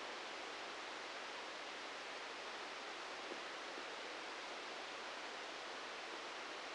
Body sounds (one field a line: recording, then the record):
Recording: brain microelectrode recording played as sound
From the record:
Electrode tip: outside the subthalamic nucleus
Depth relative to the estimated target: 2 mm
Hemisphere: right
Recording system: NeuroSet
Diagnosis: Parkinson's disease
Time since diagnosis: 19 years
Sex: female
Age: 69 years